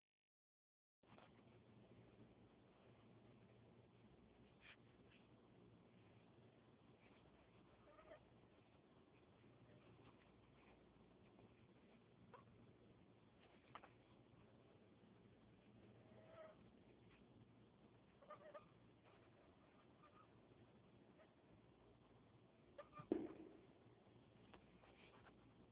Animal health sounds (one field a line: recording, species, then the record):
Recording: mosquito flight sound by mobile phone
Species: Anopheles gambiae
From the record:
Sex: female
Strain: Kisumu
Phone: Huawei 866C